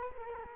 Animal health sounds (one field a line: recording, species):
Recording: mosquito wingbeat signal from an infrared sensor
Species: Culex quinquefasciatus